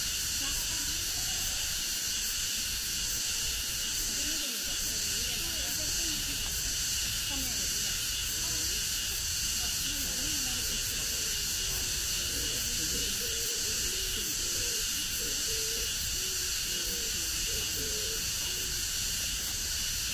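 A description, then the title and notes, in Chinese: Cicadas after rain at the Ming Xiaoling tomb in Nanjing keep up a dense, bright, unbroken drone that holds steady for the whole twenty seconds. Beneath it, faint voices murmur and drift on and off throughout. 坐落在南京紫金山独龙阜玩珠峰下，东毗中山陵，南临梅花山。南京明孝陵的雨后蝉鸣。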